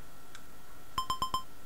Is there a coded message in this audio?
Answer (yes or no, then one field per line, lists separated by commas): no